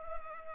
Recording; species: mosquito wingbeat signal from an infrared sensor; Culex pipiens